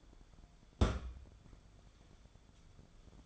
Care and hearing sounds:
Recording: daily activity, microphone in the room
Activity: place on stove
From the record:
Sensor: 5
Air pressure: 1010.4 hPa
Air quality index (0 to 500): 111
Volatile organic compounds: 2 ppm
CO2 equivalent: 1089 ppm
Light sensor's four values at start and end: 547/1395/578/664 and 609/1522/637/743

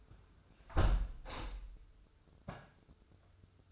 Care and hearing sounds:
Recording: daily activity, microphone in the room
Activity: close window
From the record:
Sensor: 2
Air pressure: 995.6 hPa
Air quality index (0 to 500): 97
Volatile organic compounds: 5 ppm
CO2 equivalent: 1803 ppm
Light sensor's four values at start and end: 24/77/30/29 and 24/77/30/29

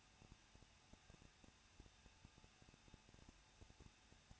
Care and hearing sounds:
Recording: daily activity, microphone in the room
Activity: no activity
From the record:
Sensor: 2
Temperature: 21.0 degrees Celsius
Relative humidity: 37.4%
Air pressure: 1006.2 hPa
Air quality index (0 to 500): 221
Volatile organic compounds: 24 ppm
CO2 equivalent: 2803 ppm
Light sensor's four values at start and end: 2/3/2/2 and 2/3/2/2

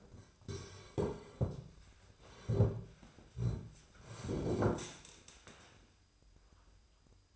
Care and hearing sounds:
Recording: daily activity, microphone in the room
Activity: sit down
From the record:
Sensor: 2

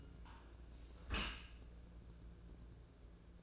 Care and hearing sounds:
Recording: daily activity, microphone in the room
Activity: close dishwasher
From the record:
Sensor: 2

